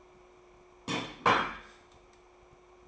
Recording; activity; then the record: daily activity, microphone in the room; place plate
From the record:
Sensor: 1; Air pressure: 1004.4 hPa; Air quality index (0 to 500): 196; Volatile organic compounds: 17 ppm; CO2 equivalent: 2597 ppm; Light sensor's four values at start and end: 4/9/3/3 and 4/9/3/3